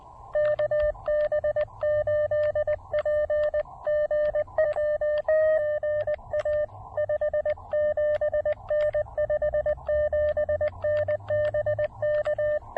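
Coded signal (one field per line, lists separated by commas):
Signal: Morse code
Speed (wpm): 20 wpm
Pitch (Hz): 1800 Hz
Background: none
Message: KB8PGW GA 57N 57N BK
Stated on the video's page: One watt POTA CW activation, off-trail.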